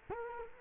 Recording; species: mosquito wingbeat signal from an infrared sensor; Culex quinquefasciatus